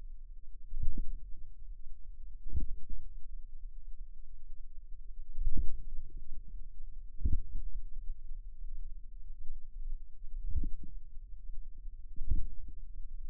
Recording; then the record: forearm muscle sounds (acoustic myography)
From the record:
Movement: inward rotation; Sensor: system 2, bracelet of six BSWA MPA416 microphones around the upper forearm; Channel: 6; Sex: female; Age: 23 years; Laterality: right